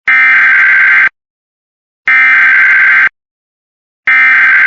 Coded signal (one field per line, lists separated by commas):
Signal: Emergency Alert System (SAME) tones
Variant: header bursts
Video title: San Diego AMBER ALERT for a toddler in Mexico EAS #46￼